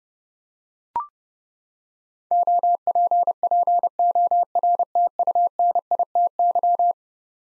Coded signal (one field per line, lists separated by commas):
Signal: Morse code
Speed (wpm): 30 wpm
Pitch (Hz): 700 Hz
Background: none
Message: OPPORTUNITY